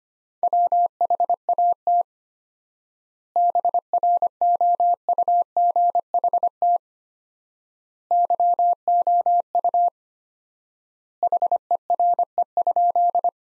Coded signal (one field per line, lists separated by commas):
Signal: Morse code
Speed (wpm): 25 wpm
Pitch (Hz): 700 Hz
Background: none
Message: WHAT BROUGHT YOU HERE?